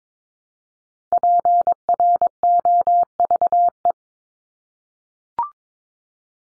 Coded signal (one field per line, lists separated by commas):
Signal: Morse code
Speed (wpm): 22 wpm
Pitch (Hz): 700 Hz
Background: none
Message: PROVE